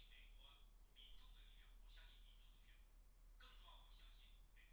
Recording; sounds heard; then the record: poultry house recording; no chicken sound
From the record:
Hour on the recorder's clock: 10